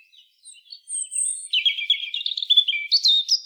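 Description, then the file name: European robin song: high, thin notes at first, then a fast, tumbling warble of trills and twittering notes that continues to the end, with no other sounds. "Erithacus rubecula"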